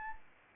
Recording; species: mosquito wingbeat signal from an infrared sensor; Anopheles arabiensis